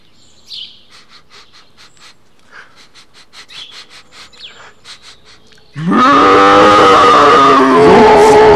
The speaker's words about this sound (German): Das Nashorn, ich glaube, das schnüffelt. Das hört sich an wie Vögel. Oh, da kommt tatsächlich was. Das schnüffelt. Schnüffelt ein bisschen rum und jetzt...